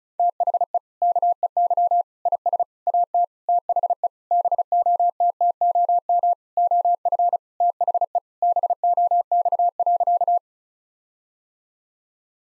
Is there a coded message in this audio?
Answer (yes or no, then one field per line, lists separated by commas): yes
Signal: Morse code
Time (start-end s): 0.2-10.4 s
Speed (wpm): 36 wpm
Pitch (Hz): 700 Hz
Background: none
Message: THE KEY IS AT THE BOTTOM OF THE BOX.